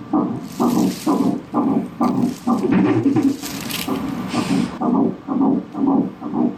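Fetal heartbeat by ultrasound Doppler at about six weeks of pregnancy, a rapid thumping sound at around 128 beats per minute, with the mother and doctor chatting in the background.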